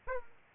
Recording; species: mosquito wingbeat signal from an infrared sensor; Aedes aegypti